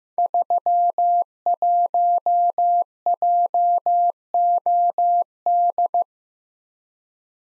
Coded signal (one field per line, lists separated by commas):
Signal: Morse code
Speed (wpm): 15 wpm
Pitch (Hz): 700 Hz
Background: none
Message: 31JOD